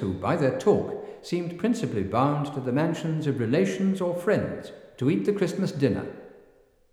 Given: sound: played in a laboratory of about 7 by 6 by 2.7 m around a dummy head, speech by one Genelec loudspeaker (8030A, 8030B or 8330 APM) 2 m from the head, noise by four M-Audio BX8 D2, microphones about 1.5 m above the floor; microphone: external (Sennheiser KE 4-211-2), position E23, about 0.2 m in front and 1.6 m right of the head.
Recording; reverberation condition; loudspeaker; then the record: male speech in English; high; 90 degrees to the right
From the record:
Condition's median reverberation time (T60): about 1300 ms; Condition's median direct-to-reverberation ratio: about -4.0 dB